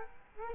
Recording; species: mosquito wingbeat signal from an infrared sensor; Culex quinquefasciatus